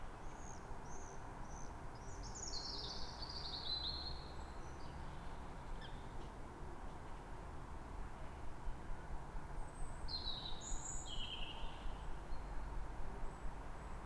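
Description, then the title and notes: Bird song, high chirps and short whistled phrases in two bursts, over a steady low roar of traffic. Calm morning, 3 May, Fresnes, Ile de France; background ring-road traffic. "Matin calme avec oiseaux. Fresnes, Ile de France. Mathias Arrignon"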